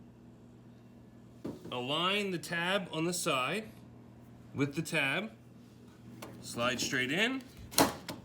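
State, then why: Seated. Someone talks while a replacement water filter cartridge, its side tab aligned, is slid straight into the filter housing in the base grille of a Whirlpool side-by-side refrigerator. A sharp click at 7.8 seconds marks the cartridge latching home, seated.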